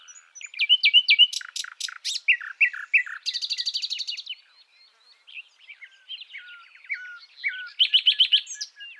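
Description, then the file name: Common nightingale song: rich, varied phrases of sharp whistles, fast rattling trills and repeated chirps, with a brief quieter pause before a final buzzy trill. "Luscinia megarhynchos"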